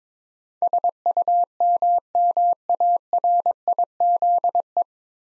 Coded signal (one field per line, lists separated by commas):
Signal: Morse code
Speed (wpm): 22 wpm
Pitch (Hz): 700 Hz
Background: none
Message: SUMMARIZE